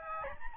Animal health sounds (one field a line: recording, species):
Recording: mosquito wingbeat signal from an infrared sensor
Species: Aedes albopictus